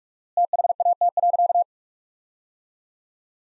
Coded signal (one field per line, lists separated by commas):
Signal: Morse code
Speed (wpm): 46 wpm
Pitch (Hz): 700 Hz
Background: none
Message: THAT.